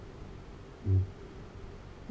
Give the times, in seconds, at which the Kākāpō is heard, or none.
0.44-2.11